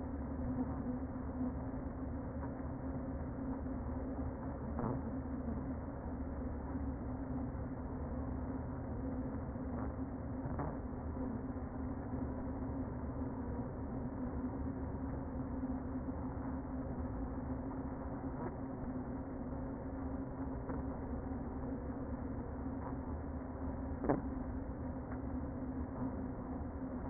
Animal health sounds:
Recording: honeybee colony, microphone inside the hive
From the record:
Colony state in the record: queen present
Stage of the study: before two queens were removed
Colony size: about 60,000 bees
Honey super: yes

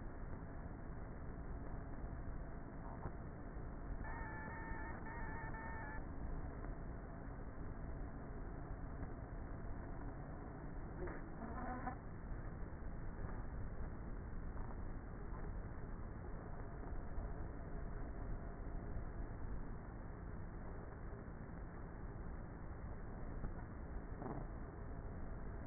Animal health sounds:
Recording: honeybee colony, microphone inside the hive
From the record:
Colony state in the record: queenless with a low population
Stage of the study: before two queens were removed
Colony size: about 30,000 bees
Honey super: no

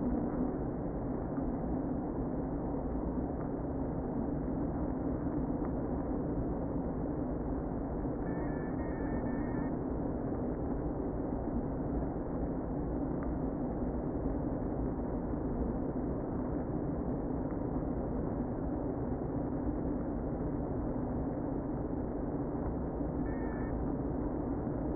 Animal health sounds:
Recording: honeybee colony, microphone inside the hive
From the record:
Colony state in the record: queen present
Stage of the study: before two queens were removed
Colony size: about 60,000 bees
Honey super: yes

